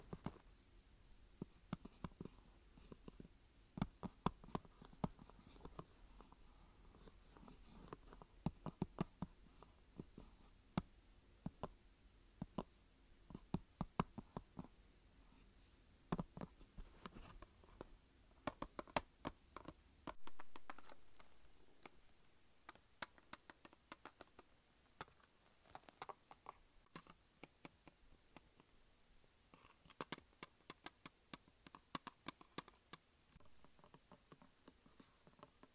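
Fingers tap and scratch on a plastic case in quick, irregular bursts of sharp clicks that run through the whole recording. For the first twenty seconds a low, dull rumble sits underneath; after that it drops away and the taps sound thinner and brighter.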